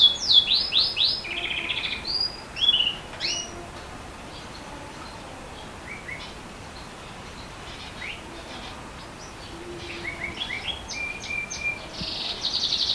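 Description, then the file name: Bird song in scattered bursts of high, rapid down-slurred notes and short chirps, with pauses between phrases over a steady background hiss. Unidentified species, recorded 3 August 2020. "bird unknown-200803"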